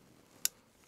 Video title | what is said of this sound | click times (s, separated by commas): Установка нового среднего цевья от компании КРУК CRC 1U020.Тюнинг АК/АКМ. | вот щелчок есть | 0.5 s